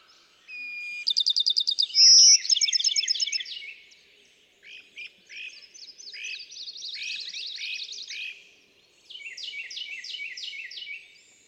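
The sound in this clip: Bachman's sparrow song: a clear whistled note then a bright rapid trill, a second whistle and trill, followed by several seconds of softer twittering phrases.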